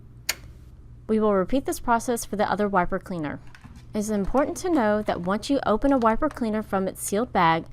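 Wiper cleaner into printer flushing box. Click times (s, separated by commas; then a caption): 0.3 s. A plastic wiper cleaner is folded to the left and pushed at its "push" indicator, seating into a printer's black flushing box with a sharp click at 0.3 s that locks it in place. Someone then talks for the rest of the clip.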